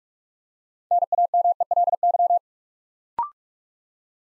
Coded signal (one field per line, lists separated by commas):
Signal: Morse code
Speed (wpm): 44 wpm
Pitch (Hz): 700 Hz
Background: none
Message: NAMELY